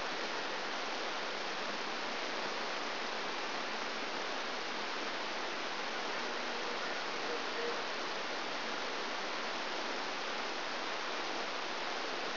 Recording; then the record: brain microelectrode recording played as sound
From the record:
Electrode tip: outside the subthalamic nucleus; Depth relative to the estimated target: 3 mm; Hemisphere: left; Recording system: AlphaMap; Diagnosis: Parkinson's disease